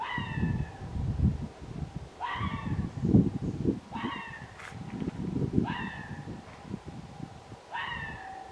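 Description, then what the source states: Red fox calls: five brief, harmonic yelps at fairly even intervals, with a steady low rumble of background noise throughout. Recorded on 29 January 2024.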